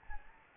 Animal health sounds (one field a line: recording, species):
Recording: mosquito wingbeat signal from an infrared sensor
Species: Anopheles gambiae